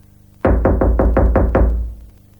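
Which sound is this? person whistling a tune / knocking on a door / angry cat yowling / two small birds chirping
knocking on a door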